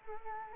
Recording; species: mosquito wingbeat signal from an infrared sensor; Culex quinquefasciatus